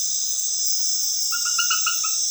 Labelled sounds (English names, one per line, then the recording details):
none
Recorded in dense forest near Puerto Asís, Putumayo, Colombia, on 20 February 2024 at 21:30
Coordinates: 0.505, -76.324
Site G6467